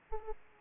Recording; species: mosquito wingbeat signal from an infrared sensor; Aedes aegypti